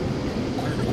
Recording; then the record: coughing mixed with background sound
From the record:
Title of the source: 1125 Coughing SOUND Effect